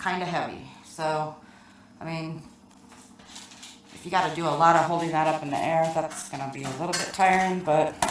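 Someone talks through most of the clip while handling a Shark Rotator Powered Lift Away vacuum, bringing its wand/component back toward the vacuum body after reaching up toward the ceiling. Faint handling noises sit under the voice, and the part has not seated or clicked into place yet when the clip ends.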